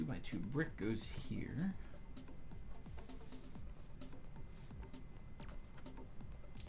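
A 2x2 plastic brick is handled and positioned onto a brick wall section while someone talks over background music. A few faint ticks of handling follow, with a brief sharp tick near the end, but nothing has seated or clicked yet.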